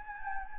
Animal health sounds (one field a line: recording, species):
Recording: mosquito wingbeat signal from an infrared sensor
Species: Anopheles gambiae